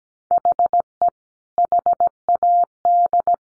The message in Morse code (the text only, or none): HE HAD